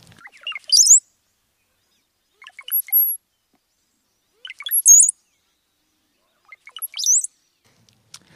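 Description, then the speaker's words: Brown-headed cowbird song: four short phrases of liquid gurgling notes ending in thin, very high whistles, with pauses between them. Commonly heard now throughout forests and fields; a brood parasite, the female laying eggs in other birds' nests. "that belongs to, ta-da, the brown-headed cowbird."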